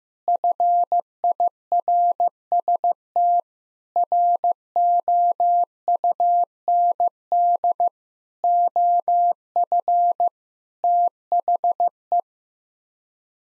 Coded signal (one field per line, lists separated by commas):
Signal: Morse code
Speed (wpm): 15 wpm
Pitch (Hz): 700 Hz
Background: none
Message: FIRST ROUND OF THE